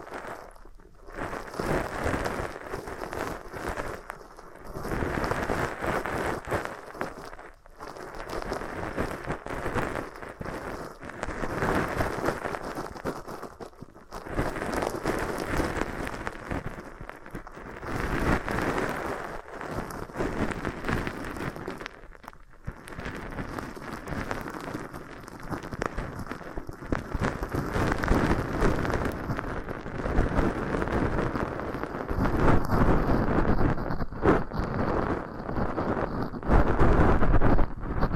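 Floral foam being crumbled and squeezed, giving a dense, crackly, fizzing texture much like rain on a surface. The crunching comes in bursts of a few seconds separated by short quiet gaps, and grows slightly louder and fuller toward the end.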